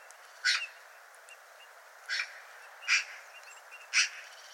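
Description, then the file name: Eurasian magpie uttering four loud, grating chack calls at irregular intervals. "Pica pica"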